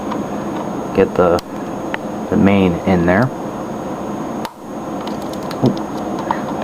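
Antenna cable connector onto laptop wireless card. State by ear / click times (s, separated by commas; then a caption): seated / 6.3 s. The main antenna cable's coax snap connector is pressed onto the wireless card of an Acer Aspire 5570Z laptop after a first hesitant attempt, while someone talks over a steady background hiss. It snaps into place with a sharp click at 6.3 s, and the connector is seated.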